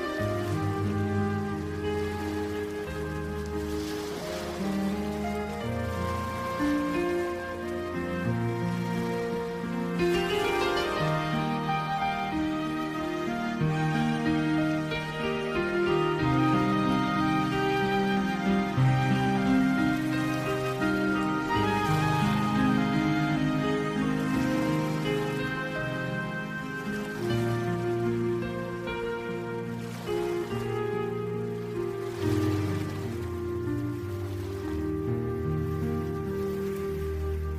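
Gentle piano and flute music plays over a steady wash of white noise, with notes shifting every second or two through a low, warm range. The hiss stays constant and fairly loud beneath the melody, sounding like soft rain, with no breaks throughout.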